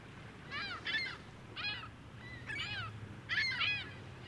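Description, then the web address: Gulls uttering loud, strident squealing calls in short bursts, some doubled, with brief pauses between and a faint low drone beneath. Gulls at Lake Ontario, described as a busy scene. "Big Room Sound Birds Seagulls"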